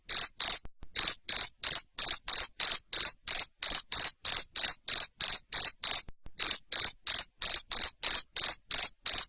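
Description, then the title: Loud cricket chirps, evenly spaced pulses around three per second, the series broken by a couple of short gaps. Loud cricket chirping used to stimulate lovebirds to sing continuously. "Suara JANGKRIK NGERIK Keras Bikin LOVEBIRD Jadi NGEKEK Terus Vubey"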